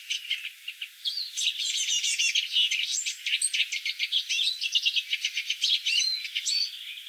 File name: tarin des aulnes